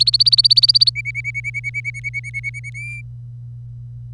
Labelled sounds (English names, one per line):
Domestic Canary song